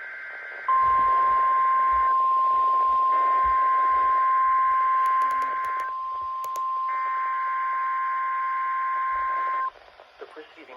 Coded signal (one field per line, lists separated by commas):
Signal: Emergency Alert System (SAME) tones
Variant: 1050 Hz attention tone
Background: speech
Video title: BEFORE THE OUTBREAK...| EAS #149-151| Required Weekly Test| KXI76, WXJ31